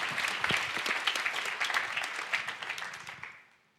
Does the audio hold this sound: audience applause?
yes